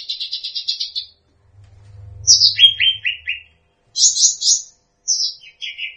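Bird song with a fast buzzy trill, then falling chirp series and short high bursts, phrases broken by brief silences.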